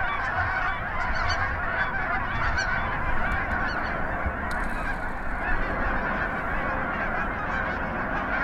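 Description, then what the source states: Canada goose honking, a few faint nasal calls within a constant loud rushing noise. Canada geese calling at takeoff.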